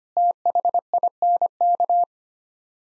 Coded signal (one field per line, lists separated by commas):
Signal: Morse code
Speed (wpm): 25 wpm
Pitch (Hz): 700 Hz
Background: none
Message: THINK